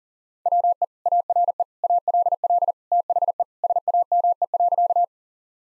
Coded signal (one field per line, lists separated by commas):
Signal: Morse code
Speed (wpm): 40 wpm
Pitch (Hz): 700 Hz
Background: none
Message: WE ARE ALL THE SAME.